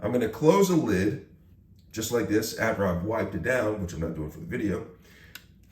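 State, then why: Seated. Someone talks, then closes the plastic dust bin lid of a Dyson V10 Animal cordless stick vacuum. A single sharp snap is heard at 5.4 s as the lid shuts into place, followed by a faint tick.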